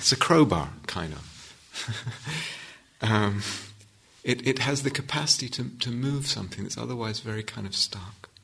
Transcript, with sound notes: It's a crowbar kind of. [laughs] It has the capacity to move something that's otherwise very kind of stuck.